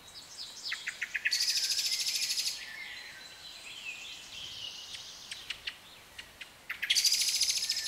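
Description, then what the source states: Birdsong with two loud, fast buzzy trills, one early and one at the end, separated by sparse sharp chips and soft twittering over a hiss. British birds in a nature atmosphere.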